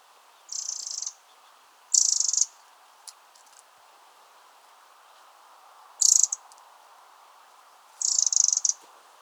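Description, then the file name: Eurasian wren, harsh buzzy rattling calls in four half-second bursts, two close together, a gap, then two more, over steady background hiss. "Troglodytes troglodytes"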